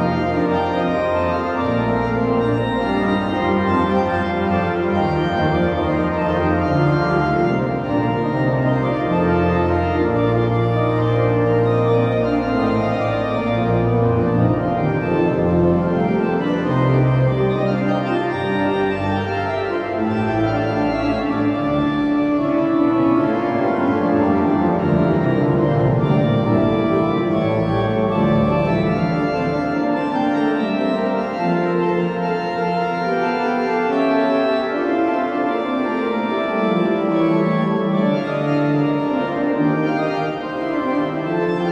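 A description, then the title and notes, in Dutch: A large church pipe organ plays a warm, full passage, its sustained chords shifting steadily through low and middle registers. The sound stays dense and even in loudness throughout, with moving lines in the bass and a thinner stretch of lower notes near the end. The warm sound of the Müller organ in the Great Church in Haarlem. It covers the whole west wall of the church and measures almost 30 metres from the ground. Het warme geluid van het Müllerorgel in de Grote Kerk van Haarlem.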